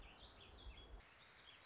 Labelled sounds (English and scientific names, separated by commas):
Warbling Vireo (Vireo gilvus)